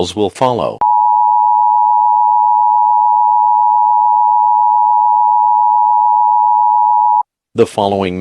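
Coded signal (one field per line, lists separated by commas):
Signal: Emergency Alert System (SAME) tones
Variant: 853 and 960 Hz attention tone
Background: speech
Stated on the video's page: Simulated end-of-the-world emergency alert scenario.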